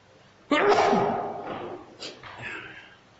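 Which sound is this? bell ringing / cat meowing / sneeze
sneeze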